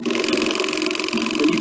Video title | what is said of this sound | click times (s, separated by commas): Cordless Drill and Impact Driver (20V DeWalt Battery Powered) | that clicking sound there's no rotation down here anymore okay | 0.1 s, 0.3 s, 0.5 s, 0.6 s, 1.0 s